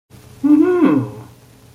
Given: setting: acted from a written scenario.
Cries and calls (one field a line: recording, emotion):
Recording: vocal sound without words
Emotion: interest